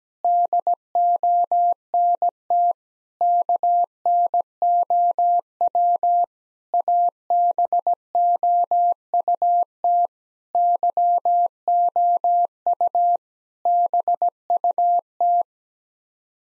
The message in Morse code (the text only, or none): DONT KNOW ABOUT YOU BUT